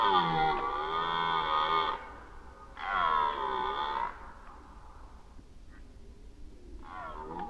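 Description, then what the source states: Red deer roar: two long, rich, moaning bellows of about a second and a half each, a quiet gap, then a third roar beginning near the end. Recorded during the rut in 2011.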